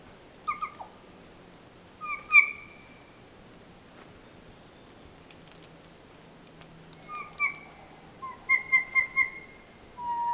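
Kokako song: sparse, quiet tonal notes, a few held notes and a final run of short repeated notes, over a faint low hum.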